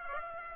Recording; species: mosquito wingbeat signal from an infrared sensor; Aedes aegypti